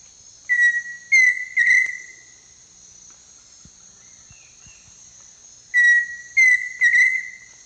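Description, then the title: Pheasant cuckoo gives two whistled phrases of three notes, a few seconds apart, against a steady high-pitched insect hum. "LuckyPassaro Completos2Sama. Pheasant Cuckoo (Dromococcyx phasianellus)"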